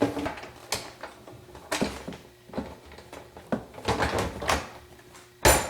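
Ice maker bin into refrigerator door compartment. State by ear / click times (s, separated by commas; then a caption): seated / 5.4 s. A plastic ice maker bin is slid back into the door compartment of a Samsung refrigerator after an icemaker fan replacement, with knocks and sliding scrapes at about 0.7, 1.7, 3.5 and 4.5 seconds. A sharp, loud snap at 5.5 seconds marks the bin seating in place.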